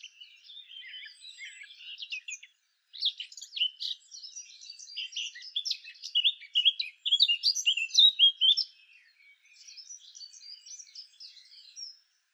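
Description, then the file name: Eurasian blackcap warbling in dense, jumbled phrases of sharp chirps and trills, a short break near three seconds, then louder chattering that eases off toward the end. "Sylvia atricapilla"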